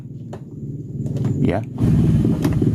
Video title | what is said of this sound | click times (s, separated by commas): PINTU GA BISA DITUTUP‼️JANGAN PANIK INI SOLUSINYA | Di sini ada bunyi klek nanti | 0.3 s